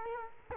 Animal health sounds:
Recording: mosquito wingbeat signal from an infrared sensor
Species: Culex quinquefasciatus

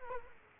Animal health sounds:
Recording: mosquito wingbeat signal from an infrared sensor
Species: Culex quinquefasciatus

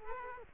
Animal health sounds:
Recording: mosquito wingbeat signal from an infrared sensor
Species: Culex quinquefasciatus

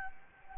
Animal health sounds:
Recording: mosquito wingbeat signal from an infrared sensor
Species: Anopheles gambiae

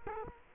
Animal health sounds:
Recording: mosquito wingbeat signal from an infrared sensor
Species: Culex quinquefasciatus

